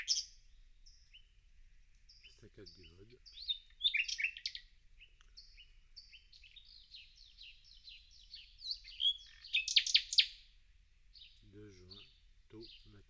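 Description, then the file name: Common nightingale singing varied phrases of clipped notes and loud rich bursts, with a low buzzy rattling sound twice in the background. "Luscinia megarhynchos"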